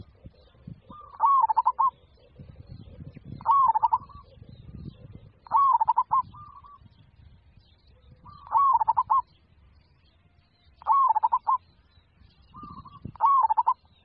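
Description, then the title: Zebra dove sings soft, purring coo phrases broken into quick stuttered notes, repeating every two to three seconds above a low rumble. "Suara Burung Perkutut"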